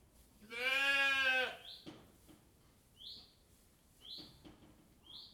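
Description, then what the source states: Sheep giving one long, loud, wavering bleat, followed by a few short high chirps. Several sheep in a sheepfold with straw.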